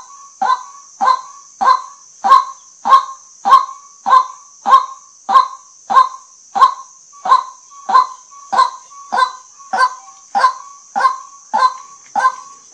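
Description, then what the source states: White-breasted waterhen calling, a harsh croaking kwak note repeated steadily about every 0.6 seconds, some twenty in a row, over a constant high-pitched hiss. Lure calls used for night hunting.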